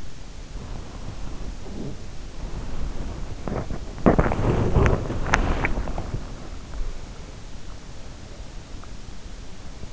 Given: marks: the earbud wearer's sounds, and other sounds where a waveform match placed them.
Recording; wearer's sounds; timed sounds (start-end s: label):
sounds in sleep by an in-ear microphone; body movement
0.00-6.64 s: body movement